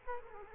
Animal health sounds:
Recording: mosquito wingbeat signal from an infrared sensor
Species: Culex quinquefasciatus

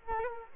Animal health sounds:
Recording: mosquito wingbeat signal from an infrared sensor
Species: Culex quinquefasciatus

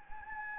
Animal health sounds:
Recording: mosquito wingbeat signal from an infrared sensor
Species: Anopheles gambiae

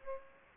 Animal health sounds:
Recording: mosquito wingbeat signal from an infrared sensor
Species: Aedes aegypti

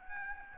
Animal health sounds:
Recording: mosquito wingbeat signal from an infrared sensor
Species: Aedes albopictus

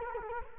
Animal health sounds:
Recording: mosquito wingbeat signal from an infrared sensor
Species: Culex quinquefasciatus

